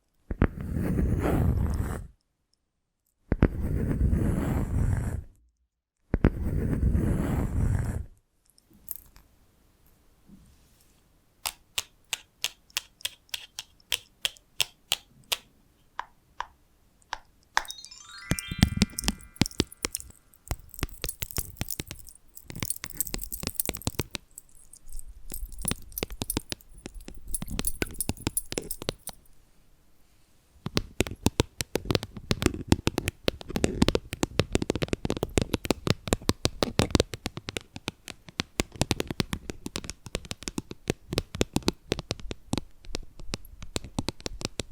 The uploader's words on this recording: Invisible Tapping, Scratching, Tracing (No Talking).